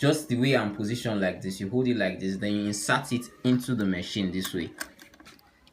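Someone talks while holding a metal bobbin case with its bobbin in position and moving it toward the hook (shuttle) of an industrial sewing machine, and a few faint light ticks follow once the talking stops, around 5.1 to 5.7 seconds. The case is still being handled, and nothing has seated or clicked into the machine yet.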